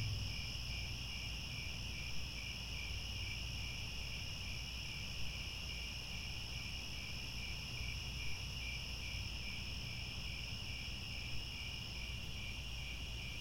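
A steady, dense chorus of crickets trills in high, pulsing bands over a low rumbling hum, unchanging throughout with only faint occasional ticks.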